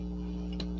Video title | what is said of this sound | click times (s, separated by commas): Epson L3210 - Upper and Lower Pick Up Roller Replacement Guide - Complete Tutorial! | Right. Then nag-lock na yan. | 0.6 s